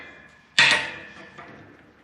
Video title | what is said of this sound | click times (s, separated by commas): 🛏️ TUSEER Vintage Metal Bed Frame Review - Step-by-Step Assembly | got to press down kind of hard, and it's going to snap into place. | 0.6 s